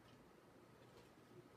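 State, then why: Not seated. A plastic Lego ball-and-socket joint piece is handled near its socket while the Lego 75316 ship model is being assembled. Only a quiet, steady low rumble with faint handling rustle is heard, with no distinct clicks. Nothing has seated or clicked yet.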